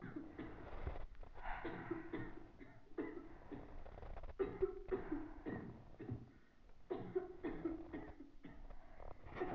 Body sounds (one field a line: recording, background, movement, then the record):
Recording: deep breathing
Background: a bystander coughing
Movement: sitting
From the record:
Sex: female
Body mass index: 22.6 kg/m2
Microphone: on the chest, facing the body